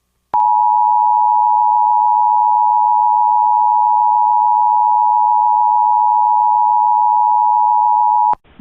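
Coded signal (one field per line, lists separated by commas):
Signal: Emergency Alert System (SAME) tones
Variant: 853 and 960 Hz attention tone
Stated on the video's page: Mock reenactment of a flash flood warning using valid EAS tones.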